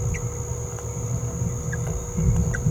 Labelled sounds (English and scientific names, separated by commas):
Green-rumped Parrotlet (Forpus passerinus) babbling